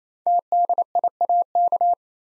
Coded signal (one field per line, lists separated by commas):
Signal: Morse code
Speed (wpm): 27 wpm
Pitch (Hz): 700 Hz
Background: none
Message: TDIAK